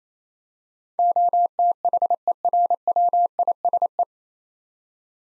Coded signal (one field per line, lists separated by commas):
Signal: Morse code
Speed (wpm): 27 wpm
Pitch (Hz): 700 Hz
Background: none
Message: OTHERWISE